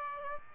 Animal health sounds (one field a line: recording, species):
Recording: mosquito wingbeat signal from an infrared sensor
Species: Aedes aegypti